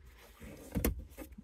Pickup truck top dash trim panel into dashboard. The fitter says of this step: make sure it clicks back into place